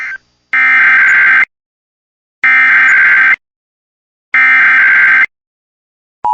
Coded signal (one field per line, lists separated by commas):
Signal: Emergency Alert System (SAME) tones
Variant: header bursts